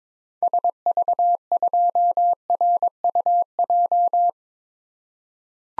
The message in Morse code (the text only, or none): SV2RUJ